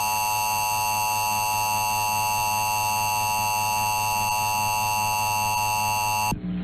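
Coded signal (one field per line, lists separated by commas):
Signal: Emergency Alert System (SAME) tones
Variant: 853 and 960 Hz attention tone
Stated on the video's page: Tornado drill EAS Required Monthly Test from Michigan Upper Peninsula broadcast stations, with WeatherSTAR 4000.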